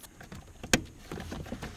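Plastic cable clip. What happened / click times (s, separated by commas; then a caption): The cable clip snapped into its retainer / 0.7 s. A new hood release cable for a 1994-2004 Chevy S-10 is routed along the truck body, and its clip is pressed into the plastic retainer. Faint taps and handling noises lead up to one sharp, loud click at 0.7 s as the clip seats and is secured.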